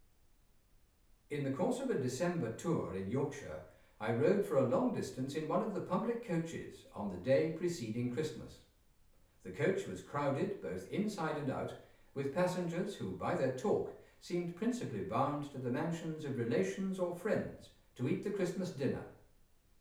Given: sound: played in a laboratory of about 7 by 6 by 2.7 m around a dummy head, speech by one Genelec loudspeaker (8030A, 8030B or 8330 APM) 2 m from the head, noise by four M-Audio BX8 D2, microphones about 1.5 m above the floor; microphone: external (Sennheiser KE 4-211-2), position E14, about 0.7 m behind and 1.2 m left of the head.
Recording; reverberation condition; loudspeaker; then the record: male speech in English; medium; in front (0 degrees)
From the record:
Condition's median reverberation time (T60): about 510 ms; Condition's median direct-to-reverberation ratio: about -0.5 dB